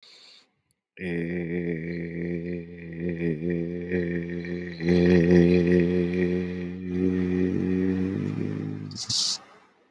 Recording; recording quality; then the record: sustained vowel as in made; moderate, slight background noise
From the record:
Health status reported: healthy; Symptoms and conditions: asthma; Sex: male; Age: 30 years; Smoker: yes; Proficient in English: yes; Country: India